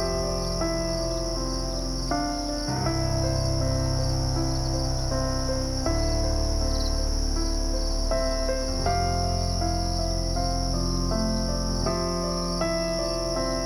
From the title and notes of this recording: You can hear everything as you sit on the cabin porch at night.